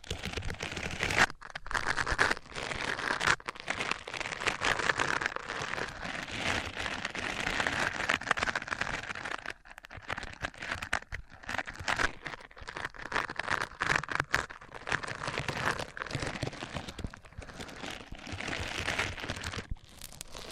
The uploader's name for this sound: Rubbing Mics On Different Surfaces